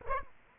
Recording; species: mosquito wingbeat signal from an infrared sensor; Aedes aegypti